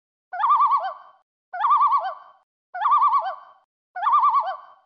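Loon tremolo call: four identical wavering, quavering calls near one pitch, each about a second long, repeated roughly every 1.2 seconds with silence between.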